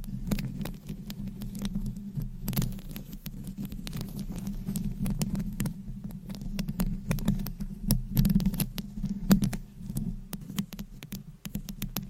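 Scratching and tapping on a microphone with long nails and rhinestones, a steady low rumbling rub running throughout. Sharp, bright taps and clicks cut through irregularly, clustering densely around the middle and near the ninth second, before the rubbing eases toward the end.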